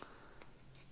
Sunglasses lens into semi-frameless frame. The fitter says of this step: then they lock into place a lot easier to use than other lens